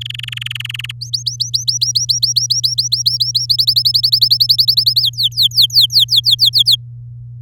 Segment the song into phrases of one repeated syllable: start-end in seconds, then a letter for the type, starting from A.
0.01-0.92 A, 1.01-3.46 B, 3.49-5.02 C, 5.03-6.76 D